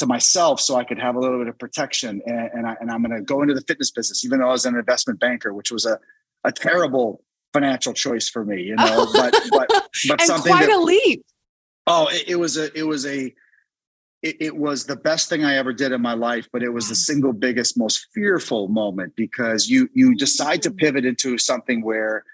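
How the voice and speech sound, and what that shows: An adult man who stutters speaks with frequent whole-word and phrase repetitions such as "but, but, but" and "it, it, was a, it was a", with pauses up to a second between restarts. The stutter is mild and only occasionally noticeable in otherwise fluent conversational speech.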